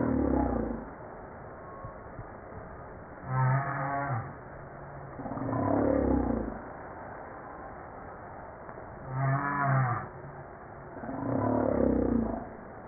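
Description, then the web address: Humpback whale song with low groaning units alternating with rising harmonic wails, a pattern repeated several times against constant background noise. Recorded 5 March 1994. "PMahe Voile'Ocean 940305 HUMPBACK"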